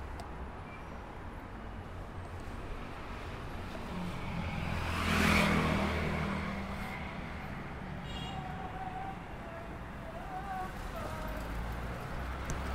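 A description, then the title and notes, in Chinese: City sounds while sitting outside in the sun: a steady low traffic rumble runs throughout. A vehicle swells past around the five-second mark and fades, and faint snatches of voices drift in during the second half. 坐在300快外晒太阳｜城市声音。很喜欢300快外公交，坐在二层的第一排，被太阳从头到脚晒着，很浪漫。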